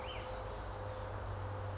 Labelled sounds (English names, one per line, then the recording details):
Brown Creeper
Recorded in Sonoma County, California